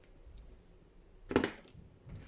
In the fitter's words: there you go and then just make sure that the lock is properly in